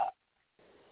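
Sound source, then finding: Adult woman. Hiccup.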